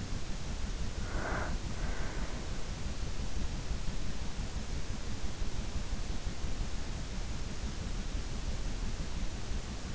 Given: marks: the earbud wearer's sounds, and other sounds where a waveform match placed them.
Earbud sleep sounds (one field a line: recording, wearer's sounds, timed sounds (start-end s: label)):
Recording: sounds in sleep by an in-ear microphone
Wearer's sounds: breath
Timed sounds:
0.00-2.91 s: breath